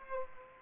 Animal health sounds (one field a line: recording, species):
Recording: mosquito wingbeat signal from an infrared sensor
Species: Aedes aegypti